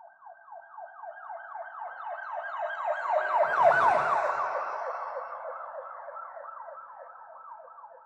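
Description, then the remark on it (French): A patrol shuttle's siren passes by in New York, its rapid yelping wail cycling steadily. It swells to a loud peak midway, then gradually fades, with a low rumble at the loudest moment and no voices. “Une navette de Crops le dépasse, toute sirène dehors.”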